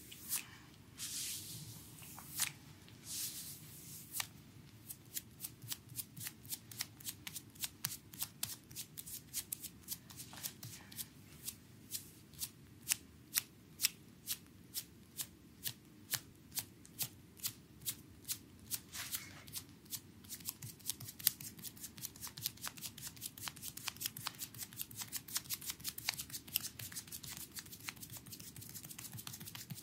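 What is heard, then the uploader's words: A back and shoulder massage with quick, regular slapping and tapping strokes, sharp, over a steady low murmur throughout. ASMR Back and Shoulders massage on chair by Anna.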